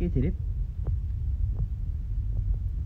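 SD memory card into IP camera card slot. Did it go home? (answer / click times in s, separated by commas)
yes / 0.9 s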